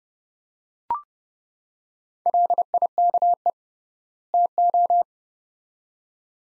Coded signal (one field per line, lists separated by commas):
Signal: Morse code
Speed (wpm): 31 wpm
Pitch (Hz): 700 Hz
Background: none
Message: LIKE TO